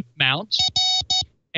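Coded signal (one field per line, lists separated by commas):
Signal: none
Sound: music jingle notes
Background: speech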